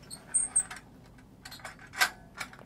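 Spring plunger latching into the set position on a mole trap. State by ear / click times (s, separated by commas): seated / 0.6 s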